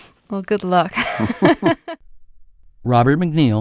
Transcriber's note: laughter